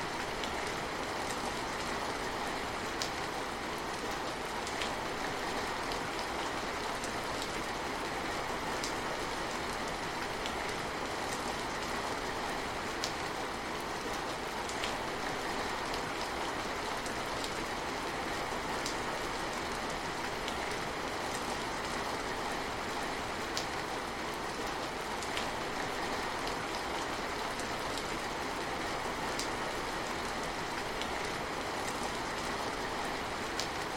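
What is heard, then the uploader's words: Steady, dense rain hisses evenly throughout, with scattered brighter drip taps on leaves and a low continuous rumble underneath, unchanging from start to end. Rain On A Calm Night.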